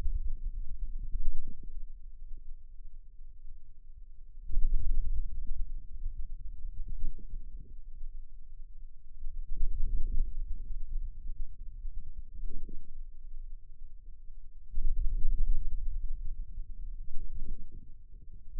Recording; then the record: forearm muscle sounds (acoustic myography)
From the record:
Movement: ulnar deviation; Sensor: system 2, bracelet of six BSWA MPA416 microphones around the upper forearm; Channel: 6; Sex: male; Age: 22 years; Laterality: right